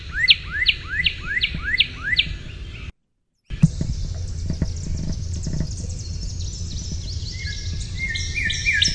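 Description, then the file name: Northern cardinal giving a short run of about six down-slurred whistles, followed by a brief silent gap and then softer high twittering. "NOCA song"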